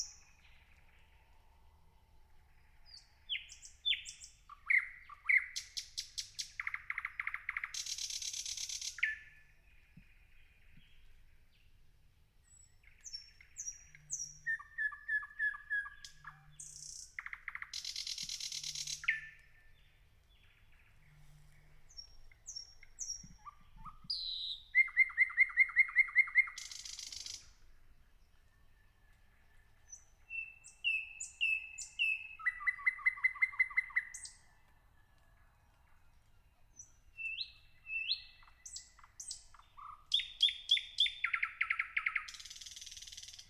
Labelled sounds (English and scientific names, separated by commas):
Thrush Nightingale (Luscinia luscinia) song